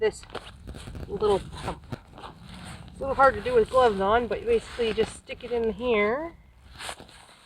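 Someone talks while handling the plastic nozzle of a pump sack and pushing it toward the open inflation valve of an Exped MegaMat 10 LXW self-inflating sleeping pad, with faint rustling and two brief soft taps at about 2.2 s and 2.9 s. Nothing has seated or clicked into the valve yet.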